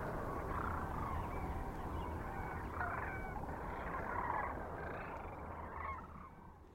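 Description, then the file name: Sandhill cranes calling: a continuous, overlapping flock chorus of rattling calls, with a low rumble underneath. Kearney, Nebraska, 9 March 2004. "2004-03-09 SACRandmore C Kearney NE"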